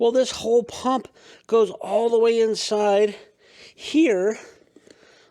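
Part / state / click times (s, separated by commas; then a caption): detachable air pump into air mattress pump socket / seated / 4.9 s. A detachable rechargeable plastic air pump for a queen-size air mattress is pushed fully into its recessed socket in the mattress while someone talks. A short, sharp click at 4.9 s marks the pump seating and locking into place.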